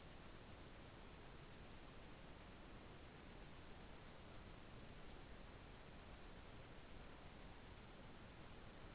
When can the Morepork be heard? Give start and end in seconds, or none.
none